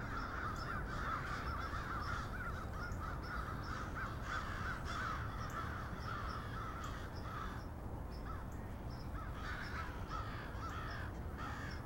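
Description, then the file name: Crow flock cawing nonstop, many harsh overlapping calls forming a busy wall of sound, briefly thinning before swelling again, low hum beneath. In Cincinnati. "cinci crows"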